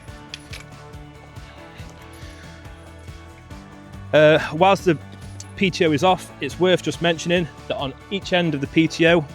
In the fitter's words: right position, you'll hear the collar click in, and you can just on both sides give it a bit of a pull just to make sure that it is locked on.